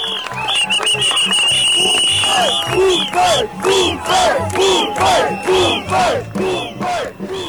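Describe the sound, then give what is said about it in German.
A large crowd of protesters in Serbia, gathered in front of the national parliament, shouts and chants over the deadly roof collapse at Novi Sad railway station. Many voices rise and fall together in loud, rhythmic bursts with a steady repeated cadence, with whistles and cheers mixed in. “Zu hören war hier eine Reportage von Freien Radio Bern, Radio Rabe, zu den Protesten in Serbien.”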